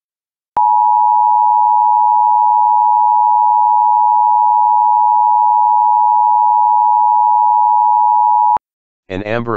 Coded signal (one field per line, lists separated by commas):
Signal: Emergency Alert System (SAME) tones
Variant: 853 and 960 Hz attention tone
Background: speech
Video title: EAS Child Abduction Emergency (AMBER Alert) for Los Angeles, California (Child Killed by Police)